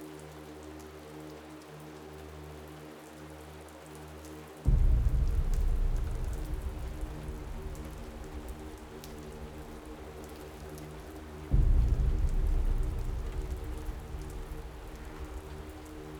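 Ambience from Samadhi Cave in Tibet: a steady low drone with layered humming tones underneath soft patter. Twice, near the fifth and twelfth seconds, a sudden heavy low rumble bursts in, like thunder or a deep boom, then slowly fades back toward the drone.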